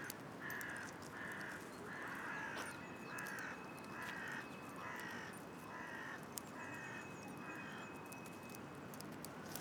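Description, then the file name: Carrion crow giving a series of about ten hoarse caws at a fairly even pace, over steady background hiss and faint ticking. "Corvus corone"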